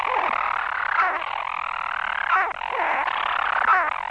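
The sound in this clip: European storm petrel, an unbroken rattling purr broken by short hiccup notes roughly every 1.4 seconds.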